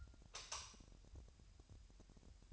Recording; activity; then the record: daily activity, microphone in the room; light off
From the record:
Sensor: 2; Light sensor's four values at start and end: 9/24/10/9 and 4/10/4/4